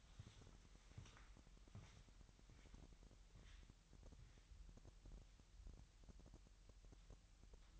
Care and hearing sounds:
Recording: daily activity, microphone in the room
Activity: walk to room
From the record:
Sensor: 3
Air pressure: 1002.0 hPa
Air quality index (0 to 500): 249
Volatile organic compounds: 50 ppm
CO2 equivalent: 3302 ppm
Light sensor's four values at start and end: 9/19/8/9 and 7/17/7/7

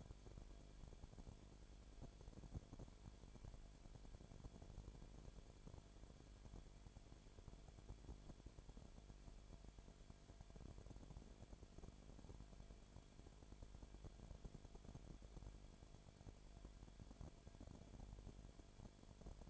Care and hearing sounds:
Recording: daily activity, microphone in the room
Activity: no activity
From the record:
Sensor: 5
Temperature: 19.9 degrees Celsius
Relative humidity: 35.6%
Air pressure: 1003.4 hPa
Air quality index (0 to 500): 57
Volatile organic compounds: 1 ppm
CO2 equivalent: 638 ppm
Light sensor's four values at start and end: 2/3/1/1 and 2/3/1/1

